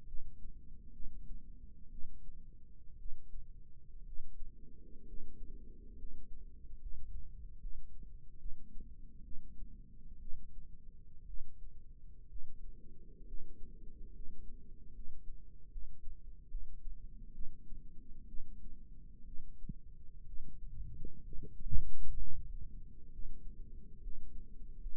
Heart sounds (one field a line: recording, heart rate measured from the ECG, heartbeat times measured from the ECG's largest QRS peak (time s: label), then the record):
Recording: heart sounds by microphone in the left ear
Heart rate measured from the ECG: 66 bpm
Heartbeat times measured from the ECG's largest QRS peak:
0.06 s: heartbeat
0.92 s: heartbeat
1.90 s: heartbeat
2.97 s: heartbeat
4.04 s: heartbeat
5.05 s: heartbeat
5.96 s: heartbeat
6.79 s: heartbeat
7.58 s: heartbeat
8.38 s: heartbeat
9.23 s: heartbeat
10.19 s: heartbeat
11.25 s: heartbeat
12.27 s: heartbeat
13.25 s: heartbeat
14.12 s: heartbeat
14.92 s: heartbeat
15.70 s: heartbeat
16.48 s: heartbeat
17.32 s: heartbeat
18.26 s: heartbeat
19.25 s: heartbeat
20.25 s: heartbeat
21.23 s: heartbeat
22.17 s: heartbeat
23.10 s: heartbeat
24.00 s: heartbeat
24.79 s: heartbeat
From the record:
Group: healthy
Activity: rest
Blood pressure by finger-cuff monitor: 143/66 mmHg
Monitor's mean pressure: 91 mmHg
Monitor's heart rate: 64 bpm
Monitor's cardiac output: 6.5 L/min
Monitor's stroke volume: 102 mL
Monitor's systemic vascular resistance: 1020 dyn s/cm5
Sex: female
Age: 37 years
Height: 168 cm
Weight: 70 kg